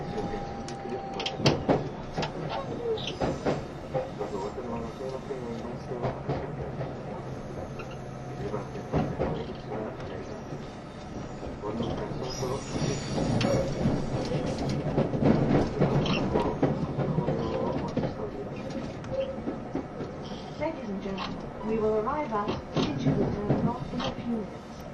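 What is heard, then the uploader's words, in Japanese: Inside an express train on the run into the city, a steady low rumble of wheels and motors fills the cabin throughout. Sharp clicks and knocks from the track come through at irregular intervals, while voices or an announcement rise over the noise in the second half. E351系 Sあずさ18号03 八王子～新宿。全車引退したJR東日本唯一の振り子式車両であったE351系、速達運用だったSあずさを収録したものです。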